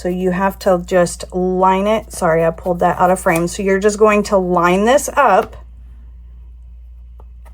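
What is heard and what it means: Someone talks while lining up a wooden gingerbread house panel with the slot in its wooden slotted base, ready to push it in as a snug friction fit that does not snap. After the talking stops around 5.5 s, only quiet background remains, and the panel has not yet been pressed in or seated.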